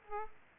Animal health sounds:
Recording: mosquito wingbeat signal from an infrared sensor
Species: Aedes aegypti

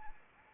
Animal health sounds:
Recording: mosquito wingbeat signal from an infrared sensor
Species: Anopheles arabiensis

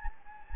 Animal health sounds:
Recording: mosquito wingbeat signal from an infrared sensor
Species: Anopheles gambiae

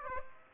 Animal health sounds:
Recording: mosquito wingbeat signal from an infrared sensor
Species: Aedes aegypti

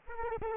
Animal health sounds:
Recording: mosquito wingbeat signal from an infrared sensor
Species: Aedes aegypti

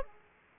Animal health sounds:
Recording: mosquito wingbeat signal from an infrared sensor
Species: Aedes aegypti

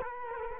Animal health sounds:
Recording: mosquito wingbeat signal from an infrared sensor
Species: Culex quinquefasciatus

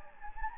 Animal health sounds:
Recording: mosquito wingbeat signal from an infrared sensor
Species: Anopheles gambiae

